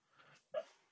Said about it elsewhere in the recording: Can you hear my dog hiccup? He's hiccuping in his sleep.